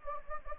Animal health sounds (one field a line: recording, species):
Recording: mosquito wingbeat signal from an infrared sensor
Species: Anopheles gambiae